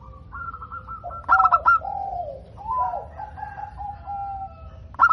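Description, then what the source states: Zebra dove cooing song: a run of soft, fluttering coos with sharp clicking bursts in the middle and again at the end, over a faint steady background hiss. Local zebra dove (perkutut lokal), described as gacor, singing often, with a loud, crystal-clear voice (suara kristal lantang).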